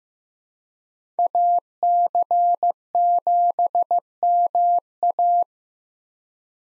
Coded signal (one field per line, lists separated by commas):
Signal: Morse code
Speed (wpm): 15 wpm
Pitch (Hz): 700 Hz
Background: none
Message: AC7MA